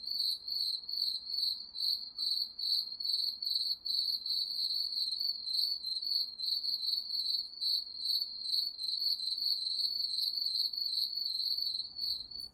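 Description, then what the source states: Cricket song, a piercing high chirping in rapid, nearly continuous bursts, with a brief low rumble at the very end. Crickets recorded at night.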